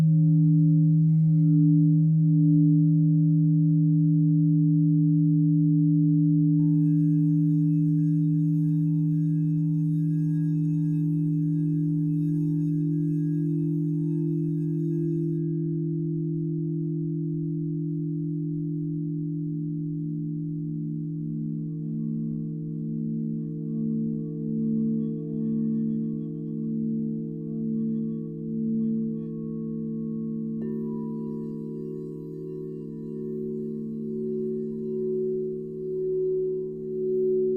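A crystal singing bowl hums a steady low tone that slowly fades, developing a gentle wavering pulse after about twenty seconds.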